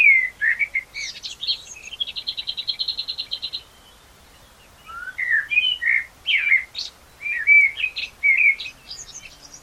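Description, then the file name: Common blackbird song: fluted warble, then a long, fast, even run of high notes, a pause, and further varied whistled phrases with thin squeaky endings. "Turdus merula"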